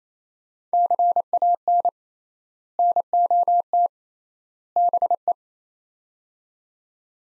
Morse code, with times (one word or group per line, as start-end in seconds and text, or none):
0.7-1.9 CAN
2.8-3.9 NOT
4.8-5.3 BE